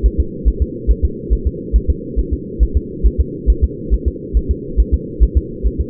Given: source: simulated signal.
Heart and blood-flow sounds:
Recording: fetal heart sounds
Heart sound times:
0.06 s: S1
0.20 s: S2
0.48 s: S1
0.62 s: S2
0.91 s: S1
1.05 s: S2
1.33 s: S1
1.47 s: S2
1.76 s: S1
1.90 s: S2
2.19 s: S1
2.33 s: S2
2.63 s: S1
2.77 s: S2
3.06 s: S1
3.20 s: S2
3.50 s: S1
3.64 s: S2
3.94 s: S1
4.08 s: S2
4.37 s: S1
4.51 s: S2
4.80 s: S1
4.94 s: S2
5.23 s: S1
5.37 s: S2
5.67 s: S1
5.81 s: S2
From the record:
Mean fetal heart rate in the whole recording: 140 bpm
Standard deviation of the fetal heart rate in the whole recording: 2 bpm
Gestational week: 34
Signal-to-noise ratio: -4.3 dB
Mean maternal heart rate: 72 bpm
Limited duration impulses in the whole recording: absent

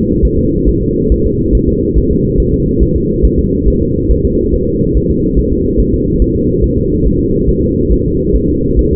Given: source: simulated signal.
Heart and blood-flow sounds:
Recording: fetal heart sounds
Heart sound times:
0.25 s: S1
0.39 s: S2
0.69 s: S1
0.83 s: S2
1.12 s: S1
1.26 s: S2
1.55 s: S1
1.69 s: S2
1.98 s: S1
2.12 s: S2
2.40 s: S1
2.54 s: S2
2.83 s: S1
2.96 s: S2
3.25 s: S1
3.39 s: S2
3.68 s: S1
3.82 s: S2
4.11 s: S1
4.25 s: S2
4.54 s: S1
4.68 s: S2
4.97 s: S1
5.11 s: S2
5.39 s: S1
5.53 s: S2
5.80 s: S1
5.94 s: S2
6.22 s: S1
6.36 s: S2
6.64 s: S1
6.78 s: S2
7.06 s: S1
7.20 s: S2
7.49 s: S1
7.63 s: S2
7.92 s: S1
8.06 s: S2
8.35 s: S1
8.49 s: S2
8.79 s: S1
8.93 s: S2
From the record:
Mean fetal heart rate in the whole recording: 140 bpm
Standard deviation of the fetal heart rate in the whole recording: 2 bpm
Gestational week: 34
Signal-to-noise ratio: -10.2 dB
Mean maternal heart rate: 72 bpm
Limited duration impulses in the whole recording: present

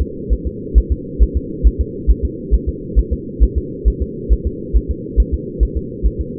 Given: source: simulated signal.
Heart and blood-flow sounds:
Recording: fetal heart sounds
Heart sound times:
0.01 s: S2
0.33 s: S1
0.47 s: S2
0.78 s: S1
0.92 s: S2
1.23 s: S1
1.37 s: S2
1.67 s: S1
1.81 s: S2
2.11 s: S1
2.25 s: S2
2.54 s: S1
2.69 s: S2
2.99 s: S1
3.13 s: S2
3.43 s: S1
3.58 s: S2
3.88 s: S1
4.02 s: S2
4.33 s: S1
4.47 s: S2
4.77 s: S1
4.91 s: S2
5.20 s: S1
5.34 s: S2
5.63 s: S1
5.77 s: S2
6.06 s: S1
6.21 s: S2
From the record:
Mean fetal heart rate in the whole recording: 135 bpm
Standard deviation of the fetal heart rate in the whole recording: 3 bpm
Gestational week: 34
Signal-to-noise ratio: -4.1 dB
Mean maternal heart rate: no maternal heart sound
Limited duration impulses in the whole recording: absent

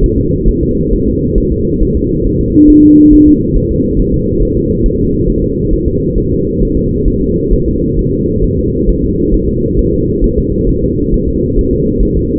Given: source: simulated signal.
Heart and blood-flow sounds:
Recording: fetal heart sounds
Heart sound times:
0.04 s: S1
0.18 s: S2
0.48 s: S1
0.63 s: S2
0.93 s: S1
1.08 s: S2
1.38 s: S1
1.52 s: S2
1.82 s: S1
1.97 s: S2
2.27 s: S1
2.41 s: S2
2.70 s: S1
2.85 s: S2
3.13 s: S1
3.28 s: S2
3.56 s: S1
3.71 s: S2
4.00 s: S1
4.14 s: S2
4.43 s: S1
4.57 s: S2
4.86 s: S1
5.00 s: S2
5.30 s: S1
5.44 s: S2
5.74 s: S1
5.88 s: S2
6.18 s: S1
6.32 s: S2
6.63 s: S1
6.77 s: S2
7.08 s: S1
7.22 s: S2
7.53 s: S1
7.68 s: S2
7.99 s: S1
8.13 s: S2
8.44 s: S1
8.59 s: S2
8.89 s: S1
9.04 s: S2
9.34 s: S1
9.49 s: S2
9.79 s: S1
9.94 s: S2
10.24 s: S1
10.38 s: S2
10.69 s: S1
10.84 s: S2
11.14 s: S1
11.29 s: S2
11.59 s: S1
11.73 s: S2
12.03 s: S1
12.17 s: S2
From the record:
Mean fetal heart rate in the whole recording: 135 bpm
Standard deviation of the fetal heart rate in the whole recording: 3 bpm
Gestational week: 36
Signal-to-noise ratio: -14.7 dB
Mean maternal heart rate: 72 bpm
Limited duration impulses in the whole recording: present

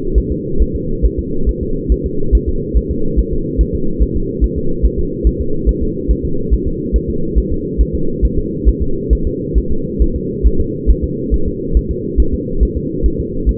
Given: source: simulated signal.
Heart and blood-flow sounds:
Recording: fetal heart sounds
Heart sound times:
0.18 s: S1
0.32 s: S2
0.62 s: S1
0.76 s: S2
1.05 s: S1
1.19 s: S2
1.49 s: S1
1.63 s: S2
1.92 s: S1
2.06 s: S2
2.35 s: S1
2.49 s: S2
2.77 s: S1
2.91 s: S2
3.19 s: S1
3.33 s: S2
3.61 s: S1
3.75 s: S2
4.03 s: S1
4.16 s: S2
4.44 s: S1
4.58 s: S2
4.85 s: S1
4.99 s: S2
5.27 s: S1
5.41 s: S2
5.69 s: S1
5.83 s: S2
6.11 s: S1
6.25 s: S2
6.53 s: S1
6.67 s: S2
6.96 s: S1
7.10 s: S2
7.38 s: S1
7.52 s: S2
7.81 s: S1
7.95 s: S2
8.25 s: S1
8.38 s: S2
8.69 s: S1
8.82 s: S2
9.13 s: S1
9.27 s: S2
9.58 s: S1
9.72 s: S2
10.02 s: S1
10.16 s: S2
10.47 s: S1
10.60 s: S2
10.90 s: S1
11.04 s: S2
11.34 s: S1
11.48 s: S2
11.77 s: S1
11.91 s: S2
12.20 s: S1
12.34 s: S2
12.63 s: S1
12.77 s: S2
13.06 s: S1
13.20 s: S2
13.49 s: S1
From the record:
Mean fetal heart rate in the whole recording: 140 bpm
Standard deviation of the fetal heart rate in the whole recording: 2 bpm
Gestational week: 34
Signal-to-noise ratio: -8.1 dB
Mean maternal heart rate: 72 bpm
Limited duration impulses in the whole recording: absent

